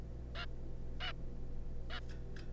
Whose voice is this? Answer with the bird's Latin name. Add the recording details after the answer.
Taeniopygia guttata. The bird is a juvenile. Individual R3549